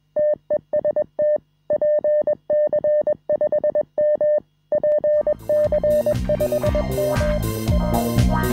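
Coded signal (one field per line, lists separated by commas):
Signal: Morse code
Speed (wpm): 21 wpm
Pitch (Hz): 600 Hz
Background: music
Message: TEST PC5M PC5M W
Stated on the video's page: Marconi A1 CW contest on 144 MHz.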